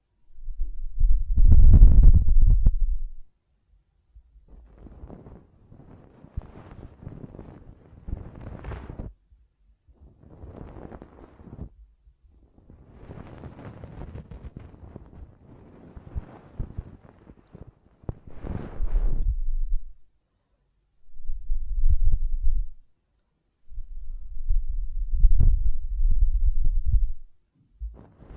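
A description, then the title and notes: Ear cleaning and blowing: irregular scratchy rustles alternate with loud low thumping gusts near the start and again after twenty seconds. ASMR Ear Cleaning and Blowing (No Talking).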